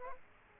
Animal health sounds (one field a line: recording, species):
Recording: mosquito wingbeat signal from an infrared sensor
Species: Aedes aegypti